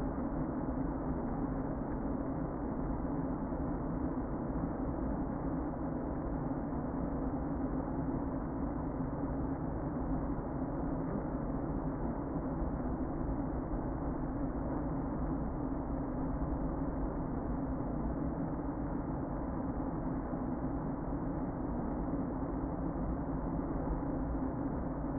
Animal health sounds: honeybee colony, microphone inside the hive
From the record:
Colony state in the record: queen present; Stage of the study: before two queens were removed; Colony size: about 60,000 bees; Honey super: yes

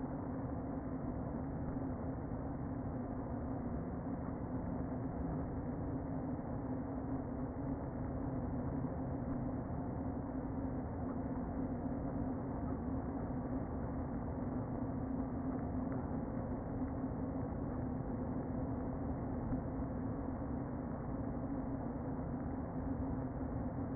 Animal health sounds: honeybee colony, microphone inside the hive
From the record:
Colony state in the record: queen present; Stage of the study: before two queens were removed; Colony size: about 60,000 bees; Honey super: yes

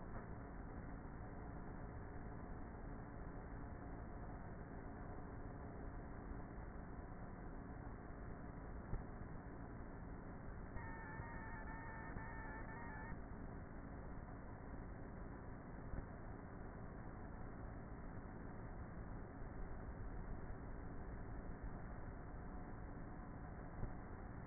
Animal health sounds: honeybee colony, microphone inside the hive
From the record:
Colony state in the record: queenless with a low population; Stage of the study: before two queens were removed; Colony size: about 30,000 bees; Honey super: no

